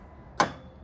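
A self-closing gate swings shut on its own, and its automatic lock latches into the keeper on the gate post with a single sharp, broadband click at 0.4 s that fades out over about a fifth of a second against low background noise. The lock is confirmed engaged, and the gate can no longer be pushed open.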